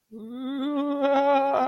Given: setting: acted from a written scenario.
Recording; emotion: vocal sound without words; fear